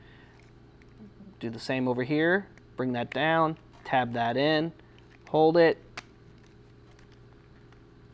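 Someone talks while the plastic side panel of a transforming action figure is brought down, tabbed onto the body and held in place by hand, with a sharp tap of handling near 6.0 s. Nothing has seated or clicked yet; the second side panel is handled but not yet home.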